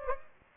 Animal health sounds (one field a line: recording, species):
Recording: mosquito wingbeat signal from an infrared sensor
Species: Anopheles gambiae